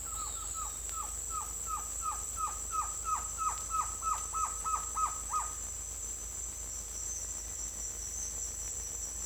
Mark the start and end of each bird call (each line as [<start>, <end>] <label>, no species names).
[0.00, 5.63] bird call